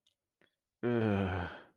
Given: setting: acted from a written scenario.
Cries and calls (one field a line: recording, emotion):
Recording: vocal sound without words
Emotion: guilt